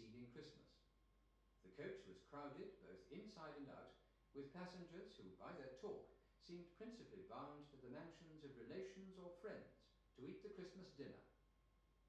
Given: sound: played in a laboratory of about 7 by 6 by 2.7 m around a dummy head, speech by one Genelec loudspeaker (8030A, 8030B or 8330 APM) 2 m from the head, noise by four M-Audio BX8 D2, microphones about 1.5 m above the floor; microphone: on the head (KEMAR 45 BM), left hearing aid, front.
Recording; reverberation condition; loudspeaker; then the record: male speech in English; medium; 60 degrees to the right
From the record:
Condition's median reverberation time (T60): about 510 ms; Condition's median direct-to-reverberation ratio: about -0.5 dB